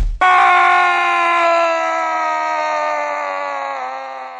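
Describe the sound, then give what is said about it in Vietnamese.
A man, just kicked, lets out a single loud, drawn-out scream of pain that holds a strained, steady pitch for about four seconds, sagging slightly lower and fading a little at the end. “Lục Trung Bình hét thảm một tiếng, ngoài 10 dặm cũng nghe thấy”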